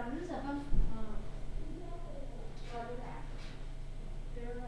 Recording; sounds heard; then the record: poultry house recording; no chicken sound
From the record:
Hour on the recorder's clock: 17